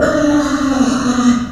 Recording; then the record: squeal of a Yucatan mini pig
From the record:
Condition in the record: after surgery on the right vocal fold (resection and tissue-engineered implant); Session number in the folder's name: 6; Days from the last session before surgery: 40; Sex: female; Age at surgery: 19 weeks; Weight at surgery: 25 kg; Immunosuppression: prednisolone